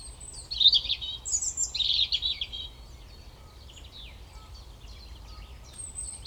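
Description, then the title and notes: European robin song, a high thin note, then two quick bursts of tinkling warbles, softer fragments trailing off afterward. Recorded at Koniówka, Lesser Poland, Poland, using a Zoom F3 recorder with a Usi Pro microphone on a drop rig. "Koniówka, województwo małopolskie, Polska - Robin, King of the Petland. Recordist: Maciej Wirmański"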